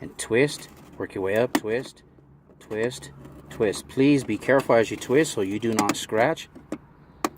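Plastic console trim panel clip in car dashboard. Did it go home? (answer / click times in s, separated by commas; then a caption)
released / 7.2 s. Someone talks while a screwdriver is twisted under the plastic center console trim of a Honda Civic dashboard to pry it up. A faint tick comes at 6.7 s, then a sharp click at 7.3 s as the trim panel clip pops out and releases. The click is normal and does not mean the trim is breaking.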